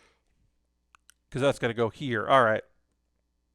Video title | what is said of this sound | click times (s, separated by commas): Build Workshop 5/20/21 Fully built Zaku II HG (2020) and the ZOIDS Deinonychus Raptor | Oh, so it locks in place, I guess, | 0.9 s, 1.1 s